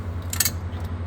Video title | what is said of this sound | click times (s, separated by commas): Cliff Hanger inspection | locks into place, give it a nice tug, make sure it's locked, and it has a push button right here. | 0.3 s, 0.4 s